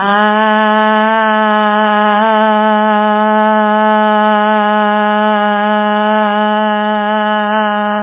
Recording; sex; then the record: sustained vowel /a/; female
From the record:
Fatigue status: no fatigue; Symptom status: asymptomatic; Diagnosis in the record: COVID-19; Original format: 3gp